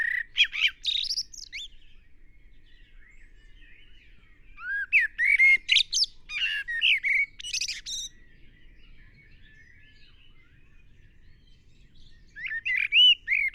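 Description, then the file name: Common blackbird singing three separate phrases, each a rich fluting warble that breaks into thin, scratchy high twitters, with quiet pauses between them. "Turdus merula"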